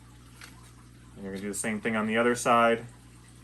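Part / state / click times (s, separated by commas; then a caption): plastic base section into adjoining base section of turtle basking platform / not seated / none. A plastic base section is being handled for a push-in join into the adjoining base section on the other side of a Penn-Plax Reptology Floating Turtle Pier and Basking Platform. Someone talks over a quiet background with a faint tick near 0.4 s. Nothing has seated or clicked yet.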